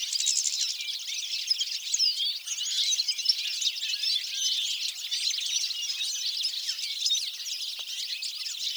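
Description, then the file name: European goldfinch song: busy high twittering and trilled chirps that continue steadily, with a brief dip near the two-and-a-half-second mark. "Carduelis carduelis"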